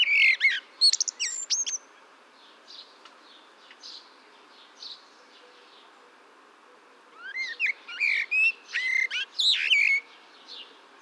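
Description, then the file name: Common blackbird singing two loud phrases of whistles and scratchy high twitters, separated by a stretch of softer, fainter notes. "Turdus merula"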